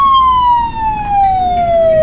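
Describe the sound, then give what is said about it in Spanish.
An ambulance siren wails loudly in one long, steady tone that slowly glides downward in pitch, ringing with bright overtones above a low rumbling background, with no one talking. “Perfecto sonido de entrada y ambulancia.”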